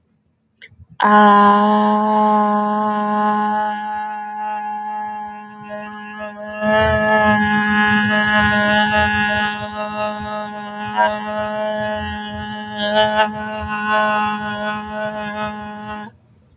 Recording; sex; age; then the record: vowel held as long as possible; female; 20 to 29 years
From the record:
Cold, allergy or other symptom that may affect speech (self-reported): no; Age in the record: 27 years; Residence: Michigan, United States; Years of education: 16